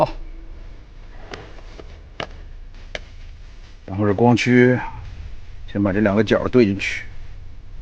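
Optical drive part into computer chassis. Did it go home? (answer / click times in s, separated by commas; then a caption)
no / none. An optical drive part is handled over a computer chassis as its two corners are lined up, with a few brief sharp taps early on and someone talking. Nothing has seated or clicked into place yet.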